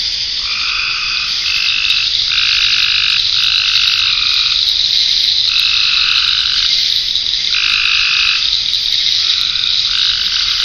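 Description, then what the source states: Frogs croak in repeated short bursts, several in quick succession then pauses, against a continuous bright chorus of crickets and cicadas. Frogs in ponds near a pond in a forest wildlife management area, with crickets and cicadas.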